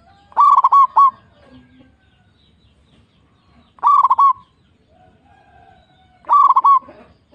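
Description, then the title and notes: Zebra dove song: three crisp stuttering cooing phrases a few seconds apart, with quiet background sounds between them. Local strain bird in full singing form, with a loud, clear, crystal-like voice. "PERKUTUT LOKAL GACOR Suara KRISTAL LANTANG. Kicau Burung Perkutut"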